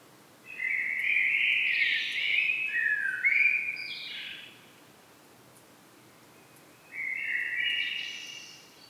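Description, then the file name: Common blackbird song: one long, rich, warbling phrase with a twittering end, then a pause and the start of another phrase. "Turdus merula"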